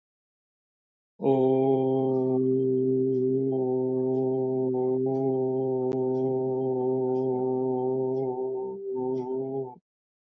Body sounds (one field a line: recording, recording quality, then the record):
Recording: sustained vowel as in boot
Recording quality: moderate, slight background noise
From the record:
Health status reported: recovered from COVID-19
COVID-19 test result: positive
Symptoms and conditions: cough, cold, fever, loss of smell and taste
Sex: male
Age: 32 years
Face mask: not worn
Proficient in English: yes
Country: India